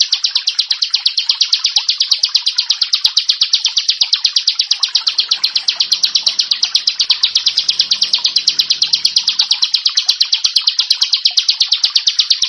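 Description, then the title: Prinia delivering a continuous, rhythmic stream of high metallic chips. "Ciblek Sawah"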